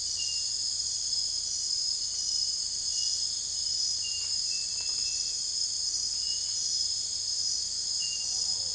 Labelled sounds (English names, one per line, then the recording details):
none
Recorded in secondary vegetation near Puerto Asís, Putumayo, Colombia, on 21 December 2024 at 01:30
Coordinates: 0.484, -76.319
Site GP06